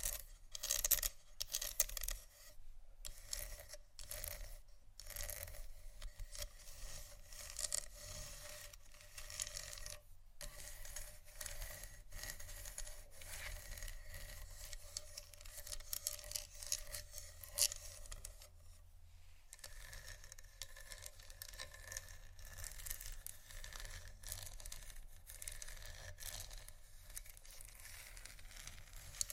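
Scratching goes on without pause for the whole stretch, a dense, dry rasping of quick overlapping strokes with bright edges. It comes in short bursts with brief gaps early on, then settles into a steadier, continuous scraping, while a faint low hum runs underneath.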